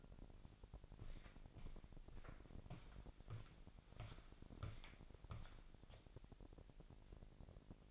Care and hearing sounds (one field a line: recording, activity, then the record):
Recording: daily activity, microphone in the room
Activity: walk to room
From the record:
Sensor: 5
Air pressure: 1002.1 hPa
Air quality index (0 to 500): 250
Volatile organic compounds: 8 ppm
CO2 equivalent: 2083 ppm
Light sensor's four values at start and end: 26/61/25/26 and 26/59/25/26